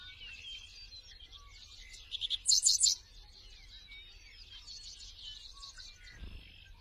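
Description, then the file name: Seedeater song: a rapid, high twittering chatter of thin notes, with a loud, buzzy burst near the middle, over a low background hum. "Canto do papa capim americano"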